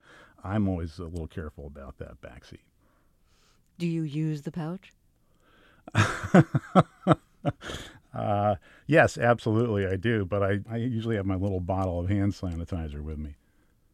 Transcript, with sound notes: I'm always a little careful about that back seat.
Do you use the pouch?
(LAUGHTER)
Yes, absolutely I do, but I usually have my little bottle of hand sanitizer with me.